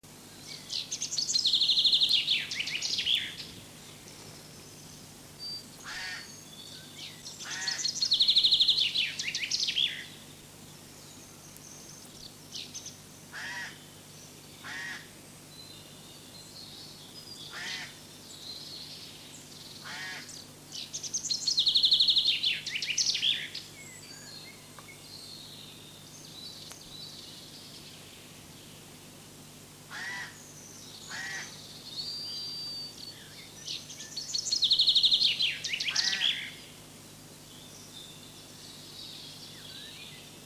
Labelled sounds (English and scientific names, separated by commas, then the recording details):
Common Chaffinch (Fringilla coelebs) song
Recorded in the wild
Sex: male
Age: adult
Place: Hermsdorfer Forsten, Berlin, DE
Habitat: forest
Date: 2006-04-15 13:10
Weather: sunny, ca. 12°C
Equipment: Grundig CR 110, Sennheiser ME 80, Kopie Uher 4000 Report Monitor
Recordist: Tembrock, Günter